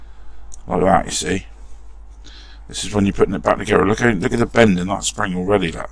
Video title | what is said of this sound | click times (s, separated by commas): Corgi 266 Chitty Chitty Bang Bang Restoration | push it up until it clicks beyond that piece | 0.5 s